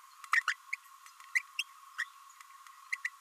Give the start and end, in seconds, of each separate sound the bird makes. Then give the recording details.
0.33-0.43, 0.47-0.56, 0.72-0.76, 1.35-1.42, 1.59-1.63, 1.98-2.05, 2.92-2.97, 3.04-3.09. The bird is a female. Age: 26 days. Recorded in a nest box in Venezuela. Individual 17B32A7